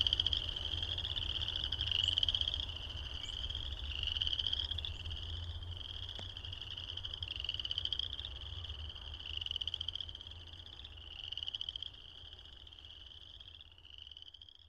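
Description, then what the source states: Frogs in a trilling chorus, rapid pulsed high trills repeated in long bursts over a faint low hum. Recorded at Heartland Meadows.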